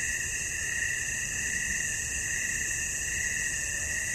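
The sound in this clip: Cricket: unbroken shrill trilling, even and steady for the whole stretch.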